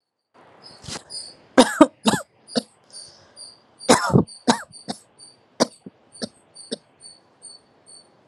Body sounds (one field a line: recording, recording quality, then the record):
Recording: heavy voluntary cough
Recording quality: excellent, no background noise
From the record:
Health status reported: healthy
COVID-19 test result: not tested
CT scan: not taken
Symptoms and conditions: none ticked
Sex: female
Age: 47 years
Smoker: no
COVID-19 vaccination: both doses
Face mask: not worn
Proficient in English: yes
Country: India